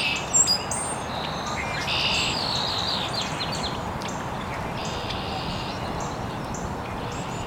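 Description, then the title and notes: Birds chirping, a burst of mixed high whistles and notes early, then sparser scattered calls over a continuous background hiss. Birds chirping very early in the morning in an estuary. "Birds Chirping in the Early Morning. Original sounds of birds chirping very early in the morning in an estuary"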